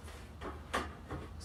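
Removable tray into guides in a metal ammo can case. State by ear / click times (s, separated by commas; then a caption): seated / 0.8 s. A removable tray slides along guides into a metal Harbor Freight .50 cal ammo can being built as a weatherproof PC case. A drawer-like sliding sound ends in knocks. The tray seats and locks in place with a sharp click at 0.8 s, followed by a softer knock at 1.1 s.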